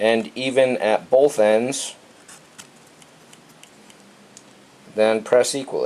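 A RAM memory stick is lined up evenly at both ends over a motherboard memory slot before being pressed in. Someone talks at the start and end, and in between only light handling ticks are heard from about 2.6 to 4.4 seconds. Nothing has seated or clicked yet.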